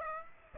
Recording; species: mosquito wingbeat signal from an infrared sensor; Aedes aegypti